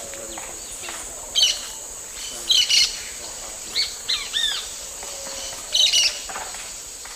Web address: Natures Songs S America Eastern Lowlands Brotogeris sanctithomae, calls